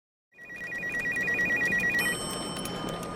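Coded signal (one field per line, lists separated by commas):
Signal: none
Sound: office phone ringing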